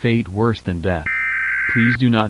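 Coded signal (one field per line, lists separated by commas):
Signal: Emergency Alert System (SAME) tones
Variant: header bursts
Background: speech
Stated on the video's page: Fake alert made in VHS tape style; all information is fictional.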